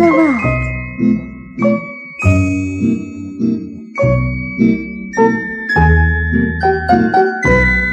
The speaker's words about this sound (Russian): И было слышно, как тонко звенят золотые колокольчики на девочкиных длинных руках.